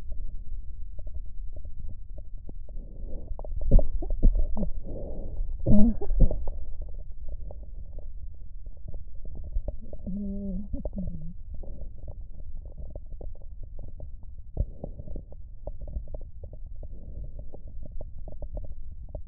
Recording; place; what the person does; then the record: lung sounds by stethoscope; left posterior basal chest; quiet breathing, then cough and speech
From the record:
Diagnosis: interstitial lung disease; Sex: female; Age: 53 years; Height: 168 cm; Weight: 108 kg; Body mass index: 38.3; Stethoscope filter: extended mode